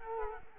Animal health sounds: mosquito wingbeat signal from an infrared sensor; Culex quinquefasciatus

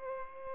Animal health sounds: mosquito wingbeat signal from an infrared sensor; Culex pipiens

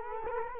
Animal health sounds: mosquito wingbeat signal from an infrared sensor; Culex quinquefasciatus

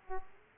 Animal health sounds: mosquito wingbeat signal from an infrared sensor; Aedes aegypti

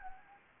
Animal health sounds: mosquito wingbeat signal from an infrared sensor; Anopheles gambiae

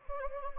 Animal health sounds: mosquito wingbeat signal from an infrared sensor; Anopheles gambiae

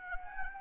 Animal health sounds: mosquito wingbeat signal from an infrared sensor; Anopheles arabiensis

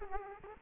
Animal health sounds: mosquito wingbeat signal from an infrared sensor; Aedes aegypti

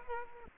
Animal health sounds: mosquito wingbeat signal from an infrared sensor; Aedes aegypti

